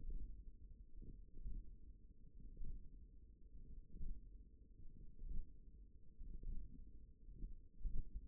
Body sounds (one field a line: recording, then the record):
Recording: forearm muscle sounds (acoustic myography)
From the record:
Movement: hand closing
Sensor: system 1, eight BSWA MPA416 microphones around the upper forearm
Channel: 1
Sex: female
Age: 20 years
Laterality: right